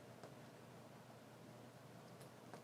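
A small plastic cap is pressed back onto a replacement hall effect joystick module in a ROG Ally handheld gaming PC, with a soft tick near 0.2 s over steady broadband hiss. A short, sharp click at 2.5 s marks the cap snapping into place, and it is seated.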